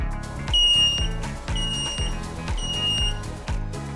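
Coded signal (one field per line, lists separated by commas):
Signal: beep code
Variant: KiwiSat satellite dish controller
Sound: high steady half-second beeps near 2.8 kHz repeating over rhythmic background music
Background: background music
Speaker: so that's our fault indicator and that tells us that there is a fault with the system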